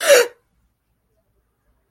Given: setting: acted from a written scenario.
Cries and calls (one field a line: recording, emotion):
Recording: vocal sound without words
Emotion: negative surprise